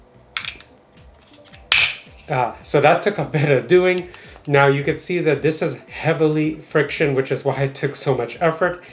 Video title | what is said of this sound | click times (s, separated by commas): NEW Ring Outdoor Cam Plus Review - There's GOOD & BAD :- | and you'll hear a click. | 0.4 s, 1.7 s